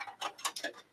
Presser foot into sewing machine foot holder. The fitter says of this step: and you just slide it on and pop it into place you could hear it snap I'm sure now